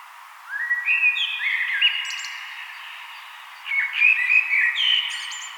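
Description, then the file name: Common blackbird song with two rich, fluting phrases that slide up and down, each closed by a brief high-pitched twitter. "Turdus merula"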